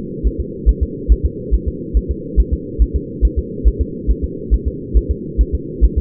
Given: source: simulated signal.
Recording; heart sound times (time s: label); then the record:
fetal heart sounds
0.27 s: S1
0.41 s: S2
0.69 s: S1
0.83 s: S2
1.12 s: S1
1.26 s: S2
1.54 s: S1
1.68 s: S2
1.97 s: S1
2.11 s: S2
2.40 s: S1
2.53 s: S2
2.82 s: S1
2.96 s: S2
3.25 s: S1
3.39 s: S2
3.68 s: S1
3.81 s: S2
4.11 s: S1
4.24 s: S2
4.54 s: S1
4.68 s: S2
4.97 s: S1
5.11 s: S2
5.41 s: S1
5.55 s: S2
5.84 s: S1
5.98 s: S2
From the record:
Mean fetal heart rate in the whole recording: 140 bpm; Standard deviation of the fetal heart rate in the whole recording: 2 bpm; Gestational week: 34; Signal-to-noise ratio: -4.1 dB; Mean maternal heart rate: no maternal heart sound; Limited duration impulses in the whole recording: absent